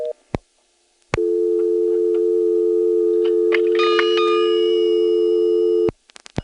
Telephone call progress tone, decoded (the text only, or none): dial tone